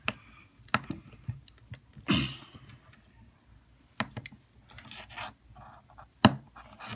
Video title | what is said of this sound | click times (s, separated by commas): How to replace a watch battery! So easy even a kid can do it! | until you hear that click, yeah. And then that's when it's done. | 6.2 s